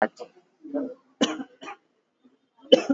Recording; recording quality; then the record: shallow voluntary cough; excellent, no background noise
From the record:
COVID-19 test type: RT-PCR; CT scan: not taken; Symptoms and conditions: cough, cold, fever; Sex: female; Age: 35 years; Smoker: no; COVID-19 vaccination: both doses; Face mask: worn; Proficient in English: yes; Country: India